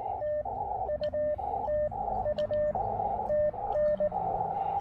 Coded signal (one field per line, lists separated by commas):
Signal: Morse code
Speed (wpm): 18 wpm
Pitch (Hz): 590 Hz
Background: radio noise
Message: T U T U TN